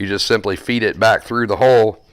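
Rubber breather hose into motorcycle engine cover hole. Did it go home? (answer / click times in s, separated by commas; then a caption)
no / none. A small rubber breather hose with a flange is being fed back through a hole in a Harley Touring motorcycle engine cover while someone talks. Only speech is heard, and nothing has seated or clicked yet.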